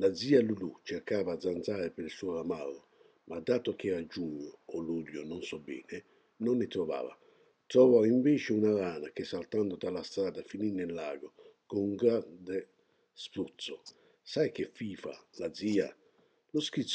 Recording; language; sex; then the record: read passage; Italian; male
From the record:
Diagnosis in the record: healthy control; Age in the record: 68 years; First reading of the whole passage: 59 s, 8.7 characters per second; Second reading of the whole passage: 51 s, 9.9 characters per second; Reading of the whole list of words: 42 s, 6.7 characters per second